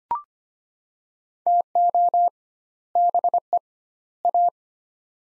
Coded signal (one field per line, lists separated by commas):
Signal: Morse code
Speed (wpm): 25 wpm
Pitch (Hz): 700 Hz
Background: none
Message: TO BE A